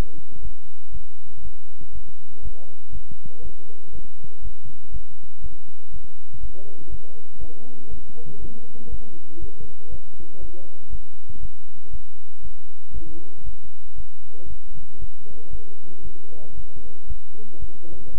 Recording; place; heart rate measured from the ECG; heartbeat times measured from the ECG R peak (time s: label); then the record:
heart sounds by stethoscope; between the tricuspid and mitral areas; 119 bpm
0.42 s: heartbeat
0.92 s: heartbeat
1.42 s: heartbeat
1.93 s: heartbeat
2.43 s: heartbeat
2.92 s: heartbeat
3.42 s: heartbeat
3.93 s: heartbeat
4.42 s: heartbeat
4.92 s: heartbeat
5.42 s: heartbeat
5.92 s: heartbeat
6.41 s: heartbeat
6.90 s: heartbeat
7.39 s: heartbeat
7.89 s: heartbeat
8.40 s: heartbeat
8.90 s: heartbeat
9.40 s: heartbeat
9.90 s: heartbeat
10.40 s: heartbeat
10.90 s: heartbeat
11.41 s: heartbeat
11.91 s: heartbeat
12.42 s: heartbeat
12.93 s: heartbeat
13.44 s: heartbeat
13.96 s: heartbeat
14.48 s: heartbeat
15.00 s: heartbeat
15.51 s: heartbeat
16.03 s: heartbeat
16.55 s: heartbeat
17.08 s: heartbeat
17.60 s: heartbeat
18.12 s: heartbeat
From the record:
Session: bicycle stress test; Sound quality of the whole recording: good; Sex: male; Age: 23 years